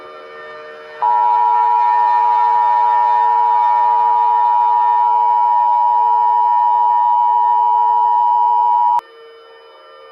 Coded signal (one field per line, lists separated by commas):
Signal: Emergency Alert System (SAME) tones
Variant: 853 and 960 Hz attention tone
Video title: EAS Scenario - Long Valley Eruption Remastered